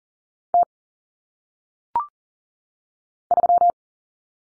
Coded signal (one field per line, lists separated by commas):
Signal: Morse code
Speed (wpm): 40 wpm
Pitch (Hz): 700 Hz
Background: none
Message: T 3